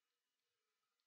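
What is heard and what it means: The snap combs of a wig unit are pushed into natural hair, with only faint, soft rustling and a few tiny ticks over a quiet, steady background. Nothing has snapped shut or seated yet.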